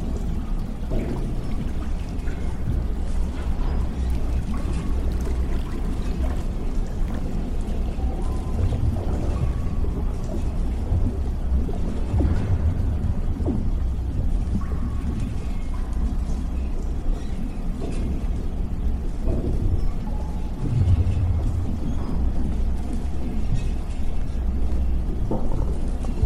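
A sci-fi ambience of a damaged underwater lab: a thick, steady low rumble with a watery, pouring texture runs the whole time at an even level. Faint creaks, clicks and brief higher tones surface now and then, with a heavier low surge near twenty seconds.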